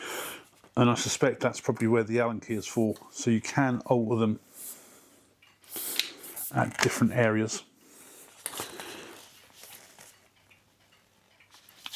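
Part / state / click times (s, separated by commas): tripod leg angle lock in leg hinge / not seated / none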